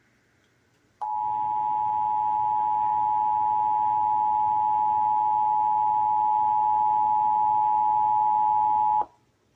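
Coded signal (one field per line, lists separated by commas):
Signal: Emergency Alert System (SAME) tones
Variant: 853 and 960 Hz attention tone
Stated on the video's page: Texas Required Monthly Test as aired on AM, FM and TV broadcast stations.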